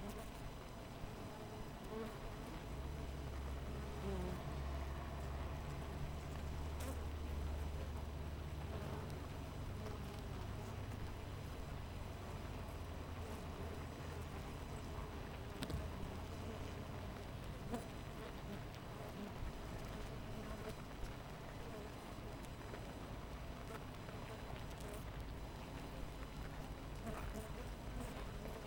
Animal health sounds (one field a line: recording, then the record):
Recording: honeybee colony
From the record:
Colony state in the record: missing queen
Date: 14 July 2017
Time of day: 6:42